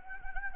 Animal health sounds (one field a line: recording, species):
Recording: mosquito wingbeat signal from an infrared sensor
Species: Anopheles gambiae